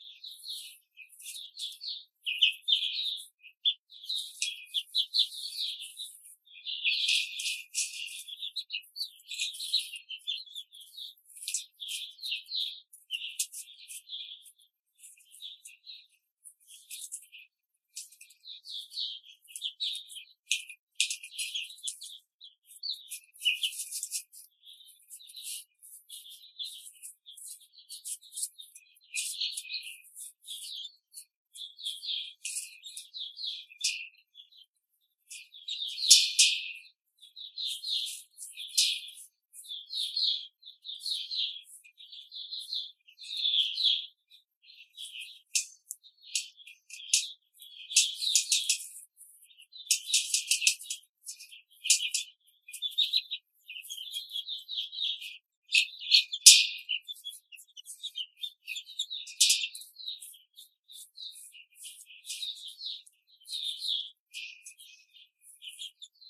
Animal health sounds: young laying hens in a cage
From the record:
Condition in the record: control cage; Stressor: none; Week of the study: 5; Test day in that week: 1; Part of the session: 4

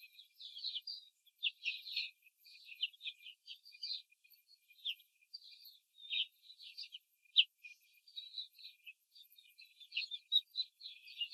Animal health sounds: young laying hens in a cage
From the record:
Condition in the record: control cage, after the stress test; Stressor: none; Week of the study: 4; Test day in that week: 3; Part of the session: 1

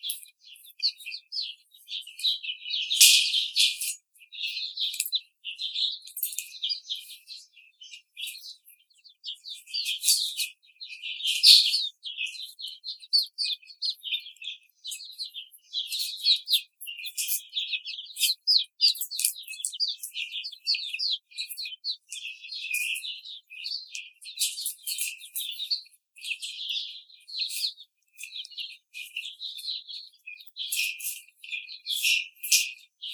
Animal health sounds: young laying hens in a cage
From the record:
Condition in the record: treatment cage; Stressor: simulated dog barking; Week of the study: 5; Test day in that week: 1

